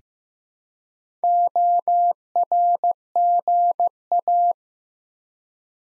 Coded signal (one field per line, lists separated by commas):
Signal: Morse code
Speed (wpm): 15 wpm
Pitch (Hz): 700 Hz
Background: none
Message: ORGA